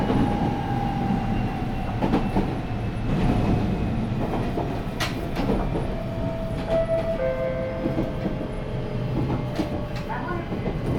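Steady low rumble of a moving train car, with a faint falling whine, occasional rail clicks around two and five seconds, and brief squeals.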